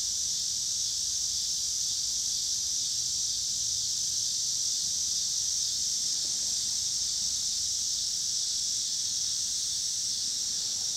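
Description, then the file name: Cicadas give a continuous high shrill drone, unchanging throughout, over a soft low hum. Pittsburgh, Pennsylvania, 26 August 2023; recorded with car noise. "2023-08-26 cicadas and cars Pittsburgh PA"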